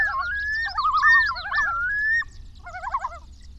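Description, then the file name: Common Loon calls: a long, rising, whistled note running through a wavering tremolo, then a shorter, quieter quavering burst near the end. More than one common loon, in Wisconsin, recorded on 28 August 2006. "08-28-06-Wisconsin Common Loons"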